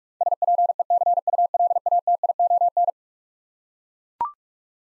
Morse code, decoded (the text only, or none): SPECULATION